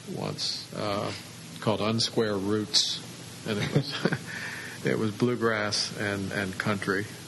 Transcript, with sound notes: once called Unsquare Roots. [laughter] It was bluegrass and country